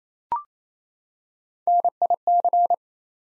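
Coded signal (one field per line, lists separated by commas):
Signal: Morse code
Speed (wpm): 27 wpm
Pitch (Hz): 700 Hz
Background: none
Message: NIC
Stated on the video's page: Morse code practice at 28 wpm building six-letter words three letters at a time, for instant character recognition training.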